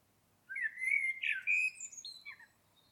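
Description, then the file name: Common blackbird giving a single song phrase: mellow fluted notes, then thinner high notes at the end. "Turdus merula"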